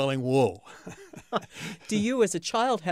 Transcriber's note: chuckles